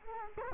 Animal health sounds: mosquito wingbeat signal from an infrared sensor; Culex quinquefasciatus

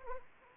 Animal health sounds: mosquito wingbeat signal from an infrared sensor; Anopheles arabiensis

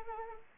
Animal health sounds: mosquito wingbeat signal from an infrared sensor; Anopheles arabiensis

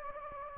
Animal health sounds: mosquito wingbeat signal from an infrared sensor; Anopheles gambiae

